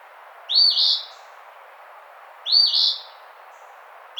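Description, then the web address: Eastern phoebe giving burry two-note phrases, each clearly split in two, repeated about every two seconds against background hiss. Recorded 16 June 2009. "Eastern Phoebe 2009 06 16"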